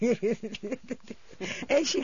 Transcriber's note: she laughs